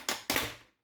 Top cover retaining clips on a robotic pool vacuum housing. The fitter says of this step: can hear how loud they are to pop it open